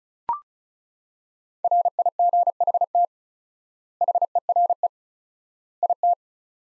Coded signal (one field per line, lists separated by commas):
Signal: Morse code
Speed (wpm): 36 wpm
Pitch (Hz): 700 Hz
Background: none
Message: RIGHT HERE IT